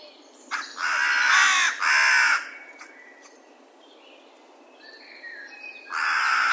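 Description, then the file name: Carrion crow producing drawn-out, grating caws at the start and another near the end, with small birds chirping in the quiet gap. "Corvus corone"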